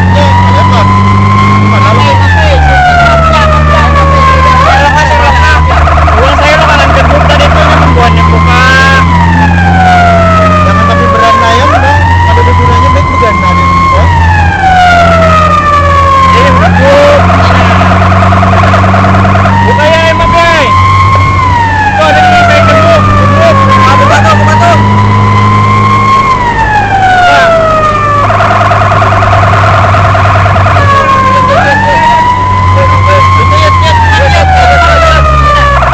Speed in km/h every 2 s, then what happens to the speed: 51, 55, 58, 56, 60, 66, 65, 62, 64, 66, 68, 69, 73, 76, 74, 70, 70, 52.
0-10 speeds up to 66. 14-25 speeds up to 76. 25-34 slows to 52.